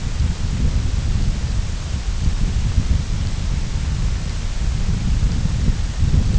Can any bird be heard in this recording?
no